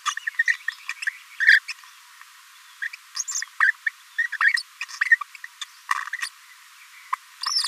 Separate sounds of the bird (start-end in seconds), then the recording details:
0.06-0.14, 0.27-0.29, 0.39-0.43, 0.47-0.54, 0.89-0.93, 1.40-1.59, 1.68-1.73, 2.82-2.87, 3.16-3.24, 3.35-3.42, 3.60-3.71, 3.86-3.89, 4.18-4.26, 4.32-4.37, 4.41-4.52, 4.81-4.85, 5.61-5.64, 5.91-5.94, 6.22-6.29, 7.43-7.45. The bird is a female. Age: 26 days. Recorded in a nest box in Venezuela. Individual 17B42A2